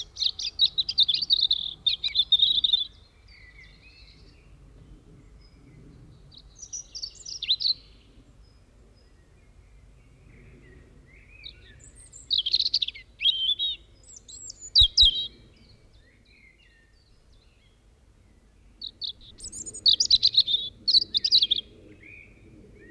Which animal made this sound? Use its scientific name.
Erithacus rubecula